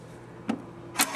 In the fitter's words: close it and you're going to hear it pop that is closed now we're running it at